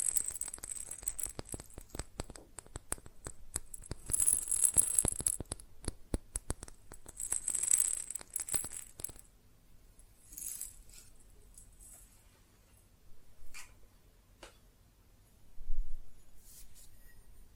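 Fast, dense tapping on glass and ceramic objects fills the first ten seconds, then thins to sparse, isolated clicks and a few soft knocks.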